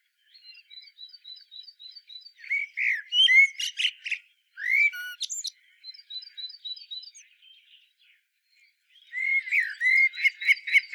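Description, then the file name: Common blackbird singing several rich fluted phrases ending in high twitters, while another bird gives thin, evenly spaced high chips in the background. "Turdus merula"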